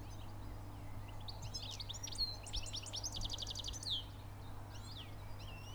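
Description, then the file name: European goldfinch calls: a lively run of bright, tinkling twitters and a rapid buzzy rattle, then a few sweeping notes, with a constant low hum beneath. "Carduelis carduelis"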